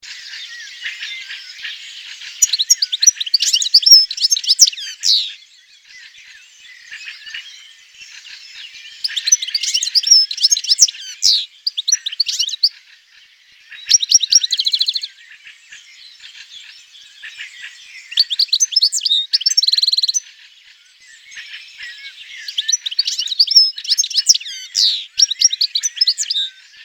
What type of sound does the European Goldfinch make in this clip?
song